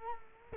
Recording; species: mosquito wingbeat signal from an infrared sensor; Culex quinquefasciatus